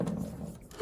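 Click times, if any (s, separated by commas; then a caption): none. The plastic power pitcher of a Ninja SS351 Foodi Power Blender & Processor System is set onto the blender motor base and turned, producing a low, rumbling scrape of handling noise throughout. Nothing has seated or clicked into place yet.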